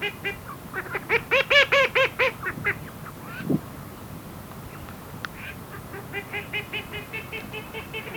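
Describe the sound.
Ducks quacking in rapid runs of harsh nasal notes, a loud burst early, then a softer, steady series toward the end.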